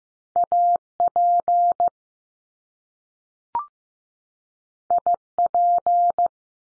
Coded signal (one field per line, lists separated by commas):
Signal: Morse code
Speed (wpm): 15 wpm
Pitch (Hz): 700 Hz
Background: none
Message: A P I P